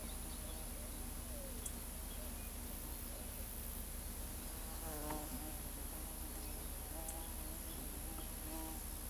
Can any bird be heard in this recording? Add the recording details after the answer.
no. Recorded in pastures near Pivijay, Magdalena, Colombia, on 5 June 2023 at 13:00. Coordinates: 10.456, -74.369. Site P6-G026